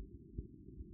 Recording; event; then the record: neck accelerometer signal played as sound; no cough (speech, laughter, throat clearing or background)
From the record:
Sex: male